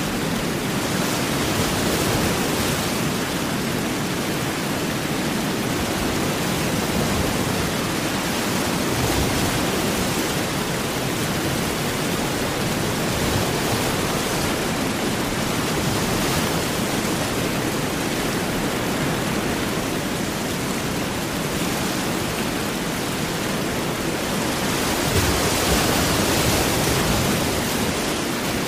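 Heavy rain and ocean surf merge into a dense, steady roar that fills every range from a deep low rumble to a bright hiss. The level holds nearly constant for the full length, with only slight swells, such as one around the 25-second mark.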